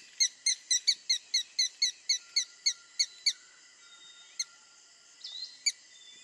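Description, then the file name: Red-stained woodpecker calling a rapid run of about a dozen sharp, high squeaky notes over three seconds, then a pause with two isolated notes. "Canto do pica pau avermelhado"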